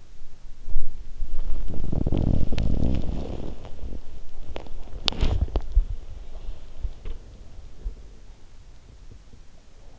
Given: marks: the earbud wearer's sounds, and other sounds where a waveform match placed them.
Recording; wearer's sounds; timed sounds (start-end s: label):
sounds in sleep by an in-ear microphone; body movement, teeth grinding
0.00-6.46 s: body movement
6.46-9.68 s: teeth grinding